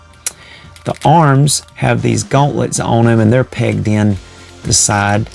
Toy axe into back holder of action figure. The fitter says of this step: And of course you could do the same with those blades too, but the axe pops right in there.